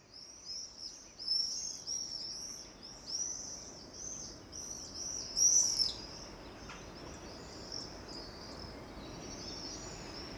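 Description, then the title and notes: Bird song: bursts of high twittering and sharp chirps in the first six seconds, then fading to quieter sparse notes over a faint steady hiss. Recorded along Chemin sous les Fenêtres, Aurifat, Cordes-sur-Ciel, Albi, Tarn, Occitanie, France; birdsong with road noise; Zoom H6 recorder, FetHead, BasicUcho microphone. "Chemin sous les Fenêtres, Aurifat, Cordes-sur-Ciel, Albi, Tarn, Occitanie, France métropolitaine, 81170, France - quiet time with the birds. birdsong , noise from the road"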